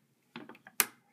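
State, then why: Seated. A memory stick (RAM module) is pushed down into a motherboard RAM slot in a Gateway computer until the retaining clips snap shut, after a few faint light ticks from about 0.4 to 0.7 s. A sharp, loud click at 0.8 s marks the module seating properly, which is a good sign, followed by a smaller tick near 1.2 s.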